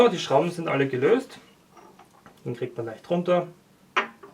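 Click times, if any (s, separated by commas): none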